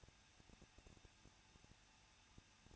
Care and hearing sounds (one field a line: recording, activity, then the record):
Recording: daily activity, microphone in the room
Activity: no activity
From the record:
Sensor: 2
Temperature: 21.0 degrees Celsius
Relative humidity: 37.5%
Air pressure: 1006.2 hPa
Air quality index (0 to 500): 223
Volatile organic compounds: 25 ppm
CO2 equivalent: 2838 ppm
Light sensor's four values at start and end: 2/3/2/2 and 2/3/2/2